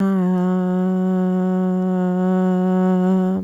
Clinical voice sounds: sustained vowel /a/; female; 30 to 39 years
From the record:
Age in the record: 37 years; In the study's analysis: included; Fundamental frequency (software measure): 184 Hz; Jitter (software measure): 0.33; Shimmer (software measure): 0.50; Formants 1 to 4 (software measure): 667 Hz, 1395 Hz, 2939 Hz, 3742 Hz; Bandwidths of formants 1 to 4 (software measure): 213 Hz, 353 Hz, 362 Hz, 479 Hz

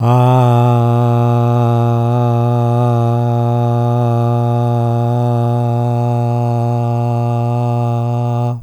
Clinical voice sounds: sustained vowel /a/; male; 60 to 69 years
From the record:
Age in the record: 69 years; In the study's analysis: included

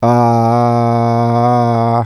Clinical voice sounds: sustained vowel /a/; male; 60 to 69 years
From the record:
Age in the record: 60 years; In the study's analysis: included

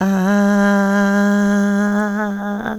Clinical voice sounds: sustained vowel /a/; female; 60 to 69 years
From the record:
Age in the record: 67 years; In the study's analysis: excluded

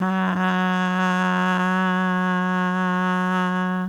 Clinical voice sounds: sustained vowel /a/; female; 40 to 49 years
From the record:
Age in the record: 49 years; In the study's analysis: included

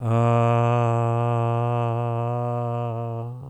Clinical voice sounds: sustained vowel /a/; male; 70 to 79 years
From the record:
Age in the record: 71 years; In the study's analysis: included

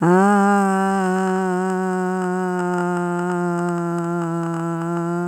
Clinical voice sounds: sustained vowel /a/; female; 60 to 69 years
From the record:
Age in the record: 68 years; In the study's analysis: included

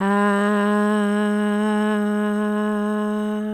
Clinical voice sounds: sustained vowel /a/; female; 30 to 39 years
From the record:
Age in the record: 32 years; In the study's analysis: included

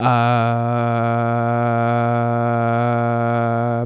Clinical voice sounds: sustained vowel /a/; male; 18 to 19 years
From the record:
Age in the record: 18 years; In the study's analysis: included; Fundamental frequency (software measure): 118 Hz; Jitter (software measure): 0.32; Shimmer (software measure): 1.20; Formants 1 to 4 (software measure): 687 Hz, 1347 Hz, 2314 Hz, 3406 Hz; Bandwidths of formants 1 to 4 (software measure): 94 Hz, 89 Hz, 185 Hz, 216 Hz

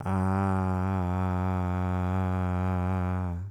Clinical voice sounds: sustained vowel /a/; male; 40 to 49 years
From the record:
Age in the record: 42 years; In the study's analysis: included

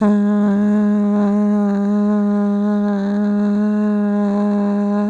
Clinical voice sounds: sustained vowel /a/; female; 50 to 59 years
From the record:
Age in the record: 50 years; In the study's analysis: excluded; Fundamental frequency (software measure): 205 Hz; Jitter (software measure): 0.45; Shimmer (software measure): 0.58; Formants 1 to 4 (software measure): 707 Hz, 1961 Hz, 2855 Hz, 3715 Hz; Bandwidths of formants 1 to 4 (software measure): 255 Hz, 403 Hz, 435 Hz, 431 Hz

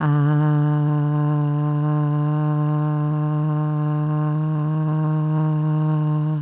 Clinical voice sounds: sustained vowel /a/; female; 30 to 39 years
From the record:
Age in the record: 33 years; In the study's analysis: included

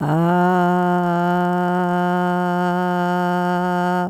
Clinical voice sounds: sustained vowel /a/; female; 70 to 79 years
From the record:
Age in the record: 79 years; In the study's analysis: included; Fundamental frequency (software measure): 178 Hz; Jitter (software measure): 0.33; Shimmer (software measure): 0.46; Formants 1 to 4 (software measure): 798 Hz, 1443 Hz, 3002 Hz, 4532 Hz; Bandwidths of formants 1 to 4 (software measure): 145 Hz, 165 Hz, 138 Hz, 425 Hz

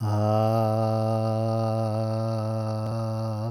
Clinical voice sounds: sustained vowel /a/; male; 50 to 59 years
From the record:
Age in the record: 53 years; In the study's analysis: included

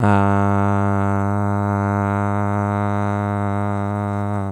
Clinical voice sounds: sustained vowel /a/; male; 20 to 29 years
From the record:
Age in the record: 28 years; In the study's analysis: included

